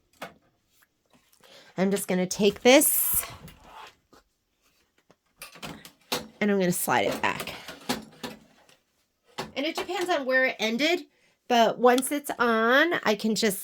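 An embroidery hoop is slid back onto the carriage arm of a 10-needle embroidery machine while someone talks, with a few short knocks and scrapes between the words. The hoop has not popped into place yet.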